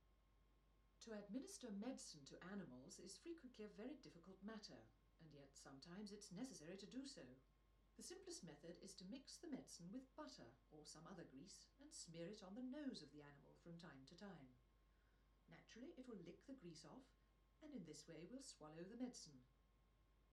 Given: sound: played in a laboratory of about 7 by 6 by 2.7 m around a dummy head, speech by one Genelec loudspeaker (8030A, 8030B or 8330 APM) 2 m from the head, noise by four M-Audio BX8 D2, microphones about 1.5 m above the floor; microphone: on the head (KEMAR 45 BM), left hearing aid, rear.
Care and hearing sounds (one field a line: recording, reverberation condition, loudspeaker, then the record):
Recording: female speech in English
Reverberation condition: low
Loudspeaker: 150 degrees to the right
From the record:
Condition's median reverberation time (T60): about 310 ms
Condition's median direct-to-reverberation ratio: about 3.5 dB